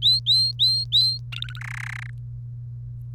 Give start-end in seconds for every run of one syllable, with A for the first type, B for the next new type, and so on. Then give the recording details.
0.02-1.18 A, 1.32-1.60 B, 1.61-2.10 C. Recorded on 30 April 2018 at 15:30. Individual llb3